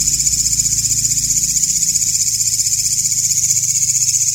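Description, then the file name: Grasshopper-type insect call, a steady high buzzing trill of rapid, very regular pulses, about four per second, continuing throughout without pause. Walang ngapak grasshopper, latest version, with 30-second pauses. "audio-walang-ngapak-versi-terbaru 1-jeda-30-detik"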